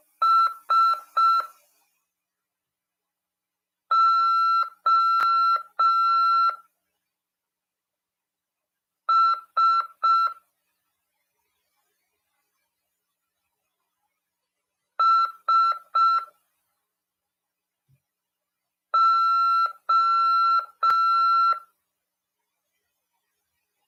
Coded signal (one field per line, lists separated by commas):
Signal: Morse code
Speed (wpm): 5 wpm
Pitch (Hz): 1340 Hz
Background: none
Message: SOS SO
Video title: RADIOAMADOR 14/9/2022 "AULA 5: CW, COM. RODADA e LEGISLAÇÃO" CRASP PY2EXU PAULO SP/SP HAM RADIO.